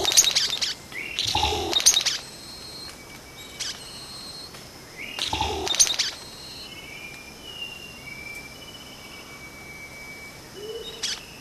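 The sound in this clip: Vogelkop bowerbird giving three loud, rough rasping calls, two early on and one midway, then quieter passages with long thin whistles and a brief soft note.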